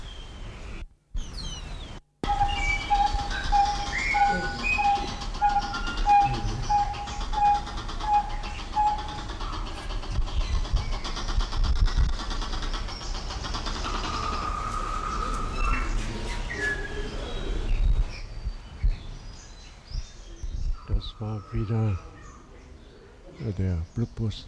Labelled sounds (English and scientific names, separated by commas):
Allen's Gallinule (Porphyrio alleni) call